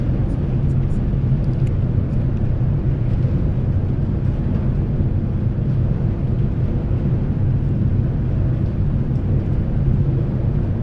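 A deep, steady rumble fills an onboard ferry deck, thick and unchanging at low pitch for the whole stretch. Faint voices and small scattered clicks sit behind the engine drone, with no sharp events standing out.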